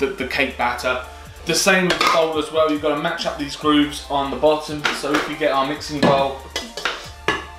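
A stainless mixing bowl is set onto the base of a Kenwood KVC7300 Chef Titanium stand mixer, with the grooves on its bottom being lined up, while someone talks over background music. Metallic clatter and handling knocks are heard, with sharper contacts near the end, but the bowl has not locked or seated yet.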